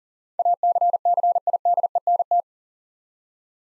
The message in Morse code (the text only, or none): ACCIDENT